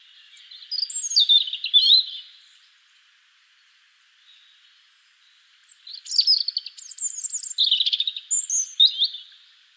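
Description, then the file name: European robin song: wavering liquid phrases with thin high notes, a pause of several seconds, then a longer rippling run of quick twittered notes. "Erithacus rubecula"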